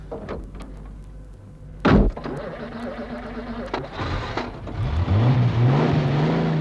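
A heavy car door slams shut, followed by a couple of softer thuds, then an engine starts up and revs, its pitch rising steadily as the car pulls away.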